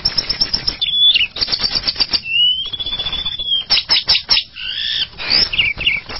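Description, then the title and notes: Bird song with a long, steady whistled note rising slightly and then falling, set among buzzy, harsh chattering phrases. "Bird Sound. Kicau Burung Lengkap"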